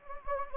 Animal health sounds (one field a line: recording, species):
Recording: mosquito wingbeat signal from an infrared sensor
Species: Anopheles gambiae